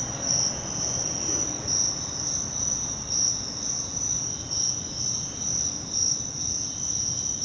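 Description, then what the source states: Cricket song, a steady, shrill, high-pitched trill that pulses faintly throughout, over a low rumbling background hum. Virginia.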